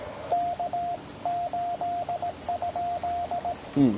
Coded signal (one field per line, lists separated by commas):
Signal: Morse code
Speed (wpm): 18 wpm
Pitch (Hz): 700 Hz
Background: speech, radio noise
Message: K8?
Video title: CW POTA Callsign copy practice with subtitles